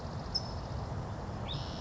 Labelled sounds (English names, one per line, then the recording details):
California Towhee
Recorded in Sonoma County, California